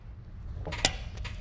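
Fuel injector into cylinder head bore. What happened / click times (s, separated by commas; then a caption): Metal part clunks home into its bore / 0.9 s. A diesel common-rail fuel injector from a 5.9L Cummins engine is pressed by palm down into its cylinder head bore until it gives a clunk. A soft lead-in at 0.7 seconds is followed by a sharp, bright clunk at 0.9 seconds, then a fainter tap at 1.2 seconds over low background rumble. The injector is seated.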